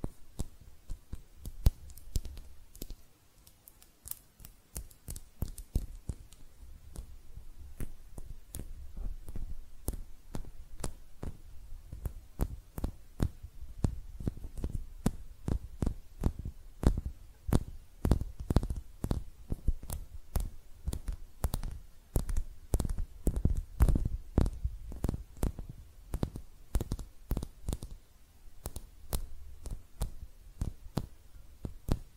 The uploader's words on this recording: ASMR Relaxing Hand Sounds (No Talking).